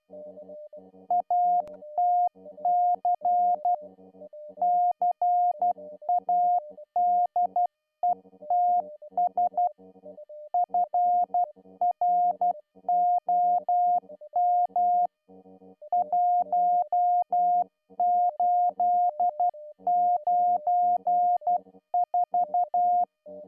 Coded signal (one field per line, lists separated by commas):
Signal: Morse code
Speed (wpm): 12 wpm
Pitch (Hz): 710 Hz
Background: music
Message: ATC CADETS FROM 1894